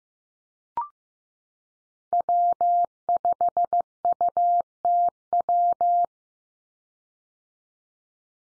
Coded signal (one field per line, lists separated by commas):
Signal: Morse code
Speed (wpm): 15 wpm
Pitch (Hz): 700 Hz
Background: none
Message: W5UTW